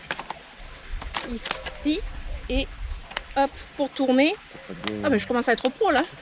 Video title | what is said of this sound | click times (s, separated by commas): VLOG 121🌿Tout organiser avant le départ en vacances🌞Les installations pour les arrosages - 🤞 | là voilà pas bien enclenché c'est pas bien enclenché | 0.1 s